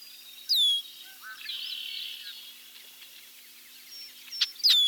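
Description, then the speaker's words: Red-winged Blackbird calls: high descending whistles at the start and end, with a softer buzzy trill in between and a few faint clicks. Medley of vocalizations. "let's hear a medley of red-winged blackbird vocalization."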